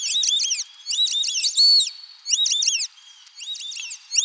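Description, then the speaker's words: White-faced Whistling Duck calls, dense high whistled notes in quick bursts with short pauses between phrases. Aquatic bird also called paturi; lives in lakes and streams of the Amazon; always seen in flocks. "Vamos ouvir agora o canto do marreco Irerê."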